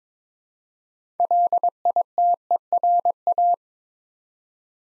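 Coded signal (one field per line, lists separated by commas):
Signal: Morse code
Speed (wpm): 22 wpm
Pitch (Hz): 700 Hz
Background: none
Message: LITERA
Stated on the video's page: Morse practice drill, 22 wpm, building 8-letter words three letters at a time.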